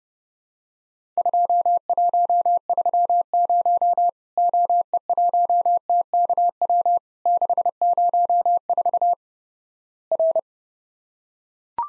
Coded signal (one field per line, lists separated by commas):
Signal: Morse code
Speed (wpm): 32 wpm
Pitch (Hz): 700 Hz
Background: none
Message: 2130 OE1TKW 604 R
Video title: Worked All Europe DX Contest QTC Exchange 30wpm